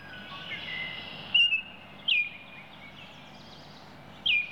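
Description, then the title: Oriole producing three separate short whistled notes, each a quick downward slur, spaced unevenly from under a second to about two seconds apart against a quiet humming background. "BirdOriole"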